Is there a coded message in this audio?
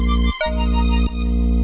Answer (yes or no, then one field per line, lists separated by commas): no